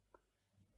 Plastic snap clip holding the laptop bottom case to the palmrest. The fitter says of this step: it's just a simple screwdriver once you will lift it up it will give you a click sound and it will open it